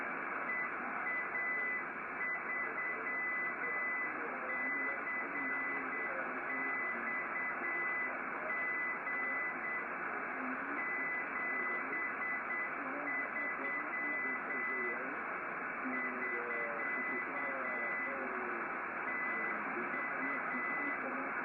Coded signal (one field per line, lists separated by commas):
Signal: Morse code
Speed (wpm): 8 wpm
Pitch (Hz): 2000 Hz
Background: speech, radio noise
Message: EA3CXG 73 <SK> TU